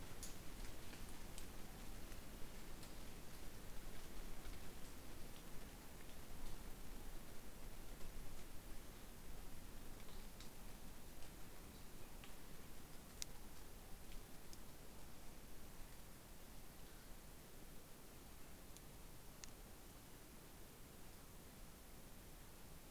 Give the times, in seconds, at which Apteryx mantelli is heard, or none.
none